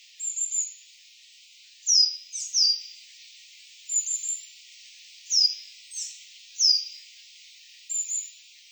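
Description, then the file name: Coal tit calling: high, thin, down-slurred notes given in short clusters of two or three, repeated roughly every second or two against faint background hiss. Hirano, Utsunomiya. "higara 100112 utsunomiya hirano"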